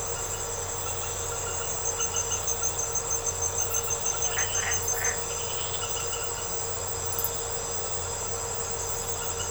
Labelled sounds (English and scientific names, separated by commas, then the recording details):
none
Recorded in secondary vegetation near Puerto Asís, Putumayo, Colombia, on 4 March 2025 at 23:30
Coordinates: 0.468, -76.324
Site G059